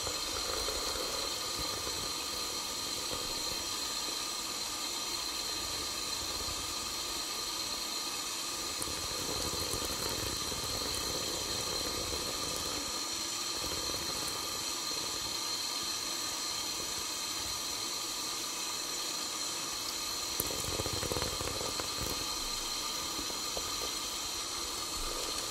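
A hair dryer runs without pause for the whole stretch, a dense, even roar with a thin high whine and a steadier mid tone riding on top. Its pitch and loudness hardly change, apart from a slight surge around the twentieth second.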